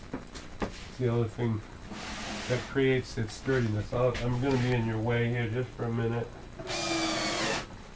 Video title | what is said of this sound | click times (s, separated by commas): Elves and Angels Sylvie's Kitchen Deluxe Assembly | you'll see that will snug those sides into that doorframe and hear it lock in | 0.6 s